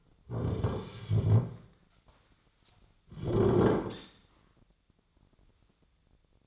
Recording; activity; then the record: daily activity, microphone in the room; sit down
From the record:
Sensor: 3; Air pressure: 1009.2 hPa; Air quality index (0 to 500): 181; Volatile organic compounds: 3 ppm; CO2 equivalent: 1464 ppm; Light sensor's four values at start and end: 40/103/46/47 and 46/119/52/52